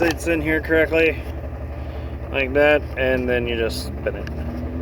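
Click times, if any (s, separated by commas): none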